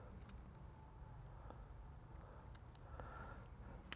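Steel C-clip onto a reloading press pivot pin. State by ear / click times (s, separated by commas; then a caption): seated / 3.9 s. On a Dillon Precision Super 1050 reloading press, a C-clip tool pushes the steel retaining C-clip back onto a greased, reinserted steel pivot pin. Faint ticks and taps at 0.2, 0.3, 2.6, 2.8 and 3.0 seconds sit over a steady low rumble. A sharp snap at 3.9 seconds marks the C-clip seating in place.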